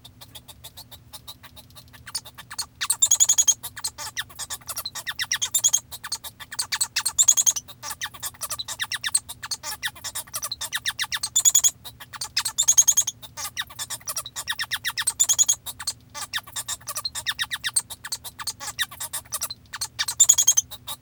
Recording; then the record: song of a male Bengalese finch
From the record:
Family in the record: father 1